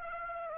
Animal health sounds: mosquito wingbeat signal from an infrared sensor; Aedes aegypti

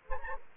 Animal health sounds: mosquito wingbeat signal from an infrared sensor; Anopheles gambiae

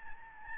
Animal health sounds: mosquito wingbeat signal from an infrared sensor; Aedes albopictus

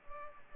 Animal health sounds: mosquito wingbeat signal from an infrared sensor; Culex pipiens

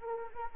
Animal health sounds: mosquito wingbeat signal from an infrared sensor; Anopheles arabiensis

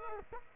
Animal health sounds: mosquito wingbeat signal from an infrared sensor; Culex quinquefasciatus

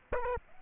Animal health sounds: mosquito wingbeat signal from an infrared sensor; Aedes aegypti

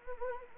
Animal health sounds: mosquito wingbeat signal from an infrared sensor; Anopheles arabiensis

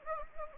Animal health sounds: mosquito wingbeat signal from an infrared sensor; Anopheles gambiae

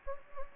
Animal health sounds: mosquito wingbeat signal from an infrared sensor; Anopheles gambiae

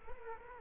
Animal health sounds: mosquito wingbeat signal from an infrared sensor; Culex quinquefasciatus

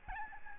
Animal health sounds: mosquito wingbeat signal from an infrared sensor; Aedes albopictus

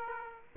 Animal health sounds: mosquito wingbeat signal from an infrared sensor; Aedes aegypti

